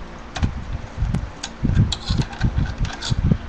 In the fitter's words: Okay, until it clicks.